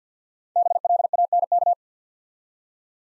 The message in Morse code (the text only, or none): BLANK